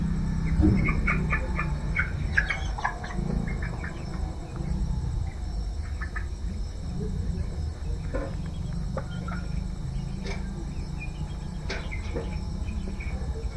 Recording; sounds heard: poultry house recording; healthy chickens